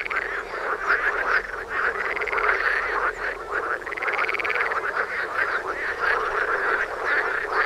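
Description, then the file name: Frogs croaking together, a continuous chorus of rattles and trills with occasional rising notes standing out. "toms frogs for wilson"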